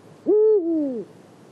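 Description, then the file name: Eurasian eagle-owl hoot, a single note under a second long that rises sharply, holds, then slides downward and fades, against a quiet background. Marianka, Slovakia, 2012. "Bubo Bubo Marianka Slovakia 2012"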